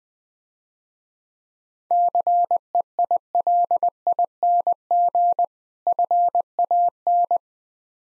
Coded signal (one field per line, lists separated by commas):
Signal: Morse code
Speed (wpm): 20 wpm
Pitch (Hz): 700 Hz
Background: none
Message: CEILING FAN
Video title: Easy Words - Speed-Racing with Hints - 20wpm